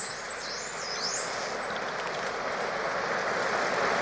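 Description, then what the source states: Dolphin whistles: several high, wavering and sweeping whistles overlap in quick succession above a steady underwater hiss, with faint scattered clicks. Deep underwater; dolphins communicating with each other.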